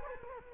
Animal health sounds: mosquito wingbeat signal from an infrared sensor; Culex quinquefasciatus

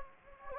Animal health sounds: mosquito wingbeat signal from an infrared sensor; Anopheles gambiae

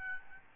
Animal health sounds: mosquito wingbeat signal from an infrared sensor; Aedes albopictus

